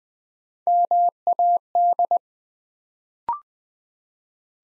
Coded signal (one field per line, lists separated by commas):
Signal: Morse code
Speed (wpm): 20 wpm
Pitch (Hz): 700 Hz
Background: none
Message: MAD